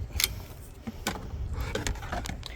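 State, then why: Not seated. The spring button on an inflatable paddleboard paddle is pushed and the adjustable shaft section is slid into the other tube, giving a few short scraping taps and light rattles. The shaft section has not clicked into place yet.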